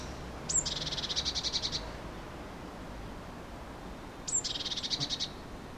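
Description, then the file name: Eurasian blue tit with two harsh churrs nearly four seconds apart, each a high introductory note then a rapid, buzzy rattle of about a second. "Cyanistes caeruleus"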